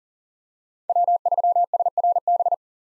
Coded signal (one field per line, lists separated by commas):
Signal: Morse code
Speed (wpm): 40 wpm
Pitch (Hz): 700 Hz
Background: none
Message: W3SRB